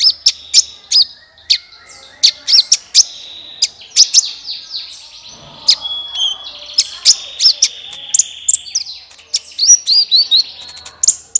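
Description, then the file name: Olive-backed Sunbird: small bird song of sharp, very high chirps and quick thin slurred notes, given in rapid irregular bursts throughout. "suara kolibri ninja"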